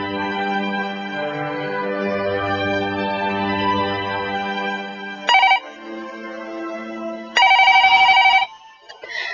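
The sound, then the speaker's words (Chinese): A home telephone rings in two short, bright, trilling bursts, the second one longer, cutting over a soft, sustained musical background. “啊，你够胆打嚟屋企揾我啊？”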